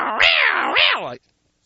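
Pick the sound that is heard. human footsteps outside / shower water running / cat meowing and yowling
cat meowing and yowling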